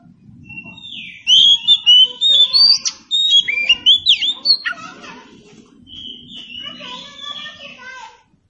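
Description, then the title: Oriental Magpie-Robin song with rich, rapidly changing whistled notes and slurs, then softer, raspier phrases; low background hum through most. "Nyaut Kacer"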